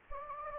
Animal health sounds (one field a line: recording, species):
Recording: mosquito wingbeat signal from an infrared sensor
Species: Anopheles gambiae